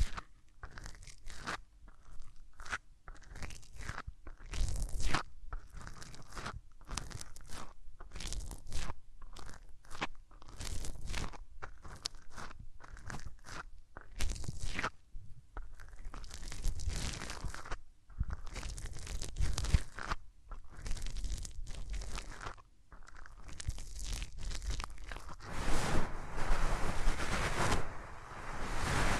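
Hands rub over the ears in quick, crunchy bursts, dense and scratchy, repeating roughly every second and swelling into steadier friction near the end.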